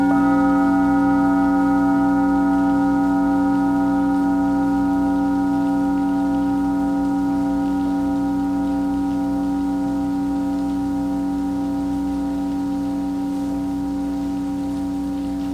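A singing bowl rings out in a long, steady sustain, several clear tones stacked from a deep hum up to a bright shimmer. The ring fades very slowly over sixteen seconds with no new strikes, over a faint, even hiss underneath.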